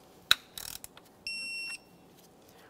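A torque wrench tightens the ignition coil mounting bolt on a 2014–2018 Mazda 3 2.0L to 60 inch-pounds, and the wrench gives a sharp click at 0.3 s as it reaches the setting. A brief rattling burst follows around 0.6–0.75 s, then a couple of light ticks. A steady high-pitched tone sounds from about 1.3 to 1.75 s before the clip falls quiet.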